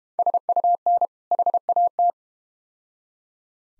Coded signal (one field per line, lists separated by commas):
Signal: Morse code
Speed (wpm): 30 wpm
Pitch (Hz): 700 Hz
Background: none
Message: SUN HAT